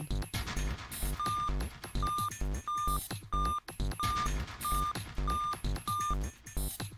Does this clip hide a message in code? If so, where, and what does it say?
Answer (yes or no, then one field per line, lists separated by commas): no